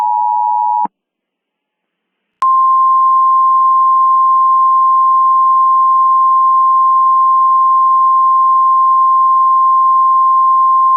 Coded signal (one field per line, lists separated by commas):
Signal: Emergency Alert System (SAME) tones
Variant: 853 and 960 Hz attention tone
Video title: EAS Mock Scenario: Judas